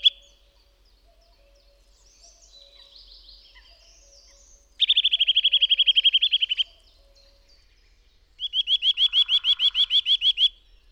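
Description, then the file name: Eurasian nuthatch giving a fast, ringing trill of rapid identical notes lasting about two seconds, a pause, then a second slightly slower trilled series; faint other birds in the background. Recorded in forest. "sitelle torchepot"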